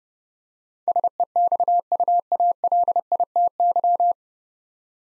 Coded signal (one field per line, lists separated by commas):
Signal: Morse code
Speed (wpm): 28 wpm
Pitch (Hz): 700 Hz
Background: none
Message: SEXUALITY